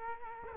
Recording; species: mosquito wingbeat signal from an infrared sensor; Culex quinquefasciatus